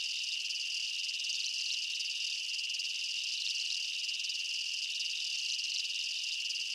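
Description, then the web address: Insects chirping in a thick, continuous high-pitched wall of sound, faintly pulsing, with no other clear sounds. Night-time jungle ambience of chirping insects and bugs. "Blastwave INSECTS Amb Night Jungle BU. ambience insects chirps night jungle bugs"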